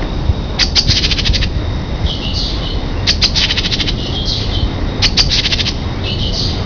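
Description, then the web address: Great tit calls: high, rapid stuttering bursts roughly every two seconds, each followed by a softer buzzy note, over steady low rumbling noise. "birdcall Gtit"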